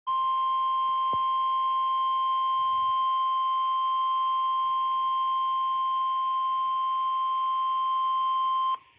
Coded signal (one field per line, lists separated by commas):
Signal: Emergency Alert System (SAME) tones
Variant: 1050 Hz attention tone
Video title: EAS #2,970-2,972 Earth Day Required Weekly Tests